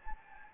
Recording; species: mosquito wingbeat signal from an infrared sensor; Anopheles gambiae